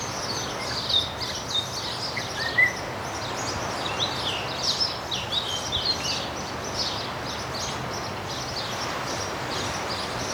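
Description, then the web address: Birds singing, short bright chirps and twitters scattered over ten seconds, a few louder notes early, over constant background noise. Birds singing in a seaside park. "مجموعه افکت صدا حیوانات SES Animals SFX Singing Birds in Seaside Park"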